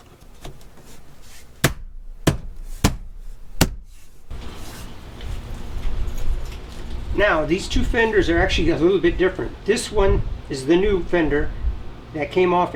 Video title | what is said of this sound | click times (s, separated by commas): How to Replace Front Fender on a 99-04 Jeep Grand Cherokee | this trim piece right here this just snaps into place with these fasteners right here | 1.6 s, 2.3 s, 2.9 s, 3.6 s